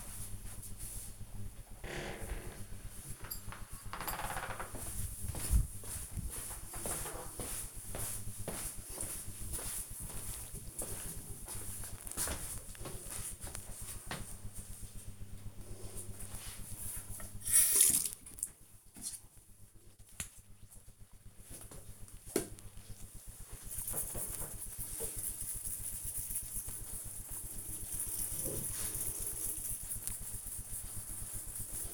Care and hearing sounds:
household activities, microphone on the right wrist
14.82-31.94 s: brushing teeth

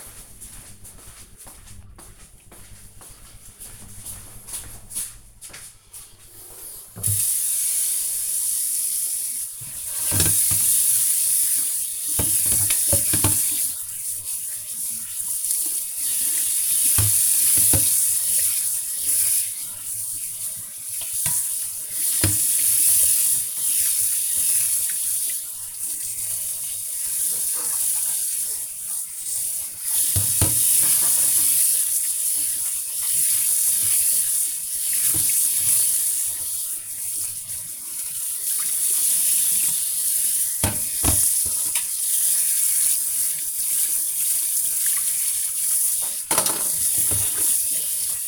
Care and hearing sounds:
household activities, microphone on the right wrist
6.77-48.28 s: washing dishes

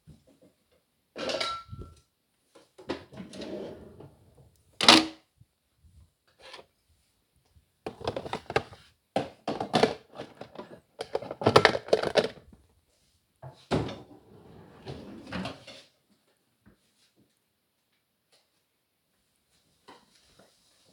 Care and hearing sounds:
household activities, microphone on the right wrist
0.00-15.14 s: putting away the dishes

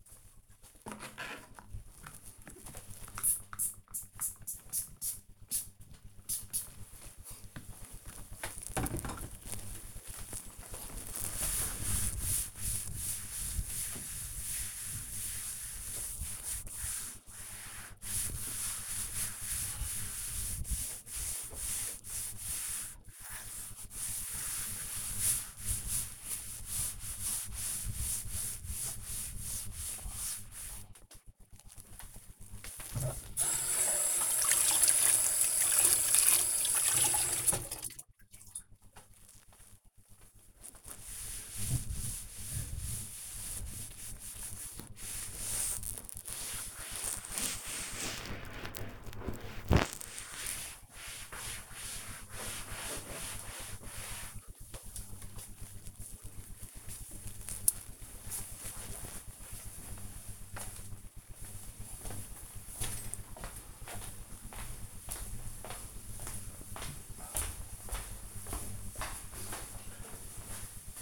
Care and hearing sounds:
household activities, microphone on the right wrist
0.00-54.30 s: cleaning table

